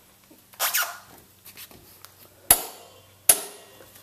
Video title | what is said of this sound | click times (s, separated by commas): Demons Custom Forks Hidden Axle Torque Tightening Fix. Part 2 | I just set the torque wrench to 60 pounds in the next click you'll hear is it will be 60 pounds of torque | 2.5 s, 3.3 s